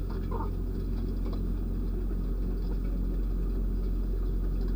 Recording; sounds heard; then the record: poultry house recording; sick chickens (respiratory disease)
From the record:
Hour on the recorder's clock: 2